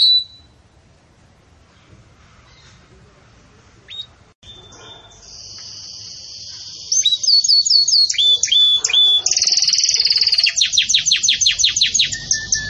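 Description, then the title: Canary song: after several quiet seconds, a high buzzy trill begins, followed by rapid repeated falling notes toward the end. Belgian canary singing in the campainha (bell) style, used to teach song to chicks. "Belíssimo Canto Do Canário Belga Campainha Para Encarte De Filhotes"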